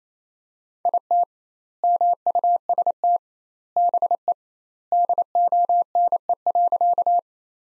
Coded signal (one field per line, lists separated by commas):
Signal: Morse code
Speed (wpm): 28 wpm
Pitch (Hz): 700 Hz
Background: none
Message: IT MUST BE DONE.